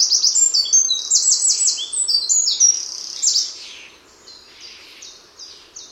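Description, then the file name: Eurasian wren song: loud, very high, rapid trills and twittering runs for about three seconds, then softer separate chips trailing off. "Troglodytes troglodytes"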